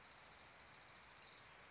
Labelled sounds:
Orange-crowned Warbler
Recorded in Sonoma County, California

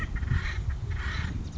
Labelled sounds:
Acorn Woodpecker
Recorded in Sonoma County, California

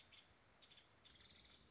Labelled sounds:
Nuttall's Woodpecker
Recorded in Sonoma County, California

